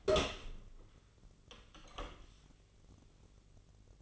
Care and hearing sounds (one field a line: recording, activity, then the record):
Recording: daily activity, microphone in the room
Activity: open door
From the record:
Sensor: 4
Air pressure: 1010.0 hPa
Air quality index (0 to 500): 189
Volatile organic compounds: 3 ppm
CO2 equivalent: 1358 ppm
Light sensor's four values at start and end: 33/79/32/34 and 30/73/30/32